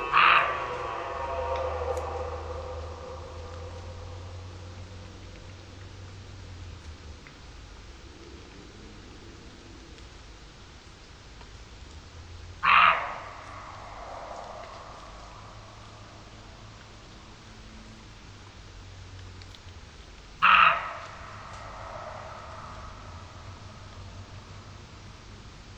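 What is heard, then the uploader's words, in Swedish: A red deer roars three times: a long, rough bellow at the very start that trails off over a few seconds, then shorter, sharp bursts near 13 and 20 seconds. Between calls there is a quiet, steady low hum and faint rustling. Kronhjortarnas ljudvärld. Tänk dig en helt stilla kväll i början av september. Solen har precis gått ner och du sitter i skogsbrynet, framför dig ligger en blommande klövervall. Det är kronhjortarnas brunsttid och här i området går det flera stora hanar.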